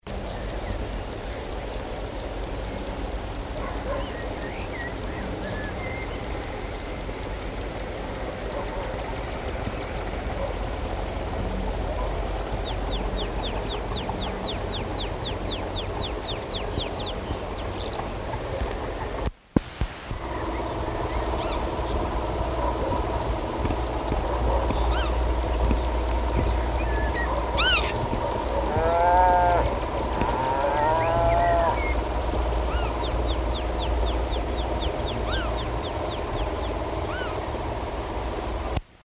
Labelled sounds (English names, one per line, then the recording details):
Meadow Pipit song
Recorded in the wild
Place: Schweinsberg, DE
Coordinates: 50.765, 8.9675
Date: 1964-05-08 19:45
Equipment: Uher Report 4000, AKG D190
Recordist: Krey, Winfried
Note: Singflug